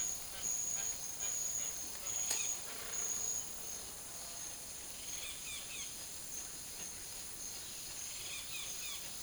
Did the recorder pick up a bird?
yes